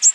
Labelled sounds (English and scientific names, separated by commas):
Black-and-white Warbler (Mniotilta varia) flight call